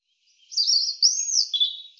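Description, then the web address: European robin song fragment: a high warbling phrase that rises into a thin, arching whistle, then lower trilled notes. "cianscape birddata Deverinetal 2025 Bird Er Ru Er Ru"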